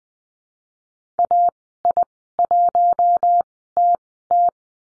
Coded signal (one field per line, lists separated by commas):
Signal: Morse code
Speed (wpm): 20 wpm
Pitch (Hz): 700 Hz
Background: none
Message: AI1TT